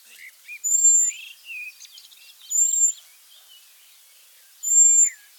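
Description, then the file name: European robin uttering sustained, thin, high-pitched whistles at regular intervals, with softer chirps and twitters in the background. "Erithacus rubecula"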